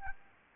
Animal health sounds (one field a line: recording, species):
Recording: mosquito wingbeat signal from an infrared sensor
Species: Anopheles gambiae